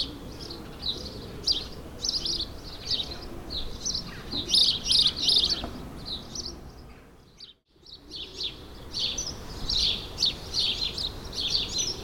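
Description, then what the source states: Sparrows chattering with rapid, overlapping high chirps; the sound drops out briefly near the middle, then the chirping resumes. Several sparrows, suburban ambient, May 2022.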